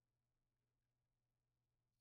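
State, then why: Not seated. An oil-immersion objective lens is being swung toward its detent as a microscope's revolving nosepiece is rotated to the left over the slide. Only a steady low hum and faint background noise are heard, with no sharp sounds. Nothing has clicked or seated yet.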